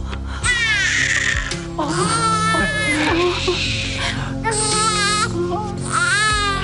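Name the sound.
newborn baby crying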